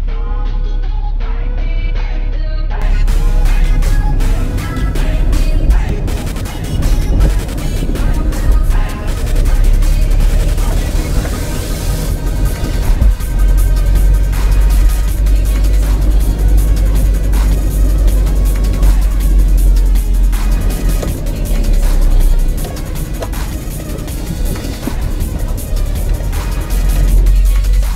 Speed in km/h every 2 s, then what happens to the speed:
29, 27, 27, 19, 19, 23, 26, 29, 29, 26, 21, 15, 13, 13.
4-7 slows to 19. 7-16 speeds up to 29. 16-23 slows to 13.